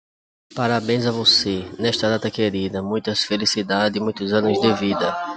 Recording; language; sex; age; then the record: short text; Brazilian Portuguese; male; 30 to 39 years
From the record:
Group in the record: control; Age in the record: 39 years